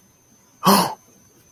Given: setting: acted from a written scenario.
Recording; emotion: vocal sound without words; realization